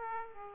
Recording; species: mosquito wingbeat signal from an infrared sensor; Aedes aegypti